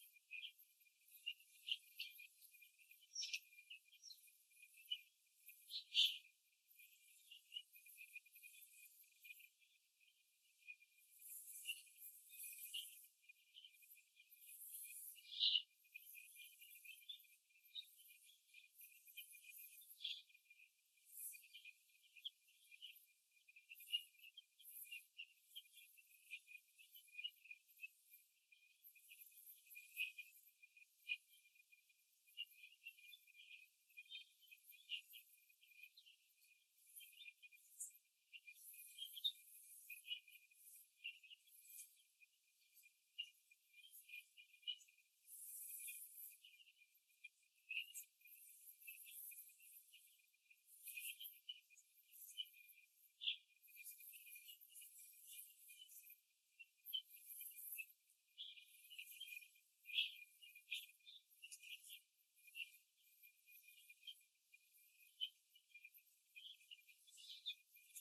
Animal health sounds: young laying hens in a cage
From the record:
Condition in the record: after the stressor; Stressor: simulated dog barking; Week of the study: 2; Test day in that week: 2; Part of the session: 4

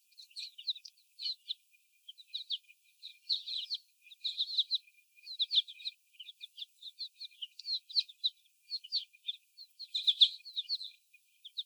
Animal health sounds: young laying hens in a cage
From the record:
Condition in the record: before the stressor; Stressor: sudden umbrella opening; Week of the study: 1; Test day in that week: 1

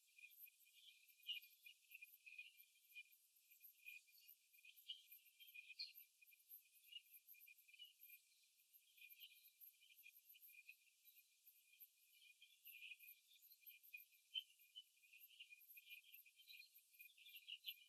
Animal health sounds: young laying hens in a cage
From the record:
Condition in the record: before the stressor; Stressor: simulated dog barking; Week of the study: 2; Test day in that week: 3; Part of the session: 1

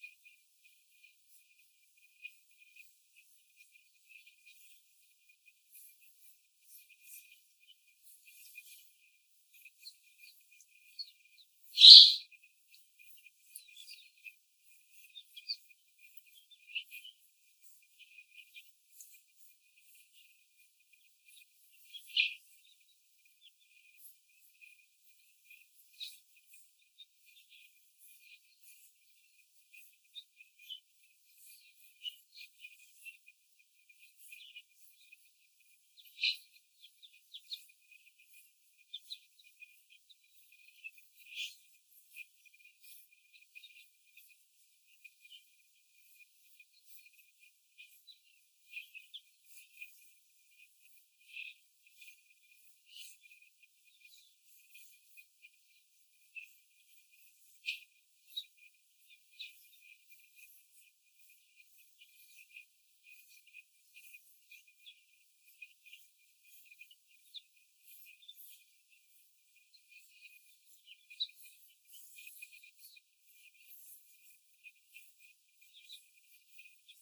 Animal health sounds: young laying hens in a cage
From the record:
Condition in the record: after the stressor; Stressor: simulated dog barking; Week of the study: 4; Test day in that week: 1

